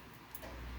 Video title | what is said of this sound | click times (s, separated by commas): Getting Started with Bambu Lab Studio Slicing Software | and you should hear a little click | 0.4 s